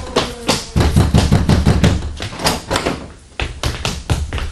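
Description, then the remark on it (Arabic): Repeated knocking at a door, a long run of sharp, fairly loud raps in uneven bursts, with a short pause before the knocks resume. “انظر من في الباب”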